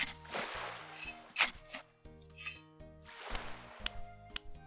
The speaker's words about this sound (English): So first, we gotta make a really strong foundation. Otherwise, the whole castle's gonna crumble. Got it? We gotta pile up the sand, and then squish it down till it's really firm.